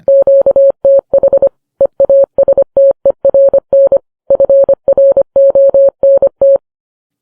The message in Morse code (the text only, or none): QTH EASTERN FRONT